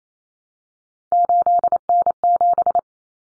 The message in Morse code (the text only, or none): 8N7